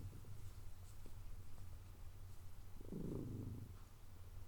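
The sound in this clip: Cat purring softly and low, one louder swell near the end of the short stretch.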